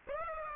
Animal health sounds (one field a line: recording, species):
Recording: mosquito wingbeat signal from an infrared sensor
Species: Aedes aegypti